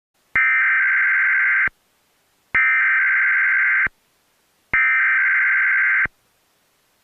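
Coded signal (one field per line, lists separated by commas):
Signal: Emergency Alert System (SAME) tones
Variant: header bursts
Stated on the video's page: Mini EAS scenario; fictional, made-up alert.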